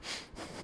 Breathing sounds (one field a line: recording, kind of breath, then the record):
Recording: one breath in and out by a microphone near the nose and mouth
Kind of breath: strong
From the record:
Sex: male